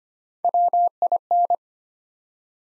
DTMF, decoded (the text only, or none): none